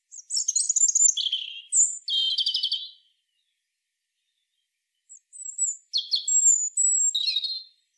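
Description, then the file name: European robin singing two varied phrases of high, clear whistles, buzzy notes and rapid trills, separated by a pause of about two seconds. "Erithacus rubecula"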